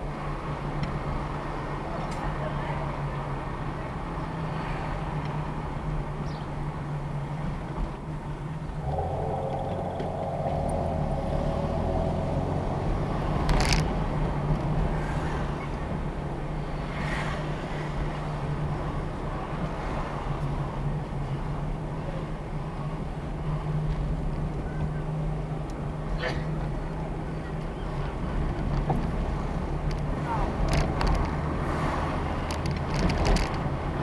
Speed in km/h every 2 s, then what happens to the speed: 29, 26, 24, 18, 19, 27, 29, 31, 31, 27, 26, 26, 26, 29, 32, 34, 34.
0-7 slows to 18. 7-13 speeds up to 31. 13-23 steady at about 27. 23-34 speeds up to 34.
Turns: none.